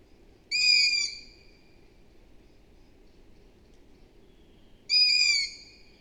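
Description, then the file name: Long-eared owl giving two high, squeaky, drawn-out calls about four seconds apart over soft low background noise. "Hibou moyen-duc - Asio otus"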